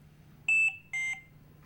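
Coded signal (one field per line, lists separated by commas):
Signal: alarm pattern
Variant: Philips Respironics Trilogy ventilator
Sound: two quick electronic beeps, the second slightly lower in pitch, about 0.2 s each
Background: low hum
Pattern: 2 short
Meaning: Low priority alarm: information to be aware of, such as a battery needing charge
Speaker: Low priority alarms are 2 beeps together in a repeating pattern.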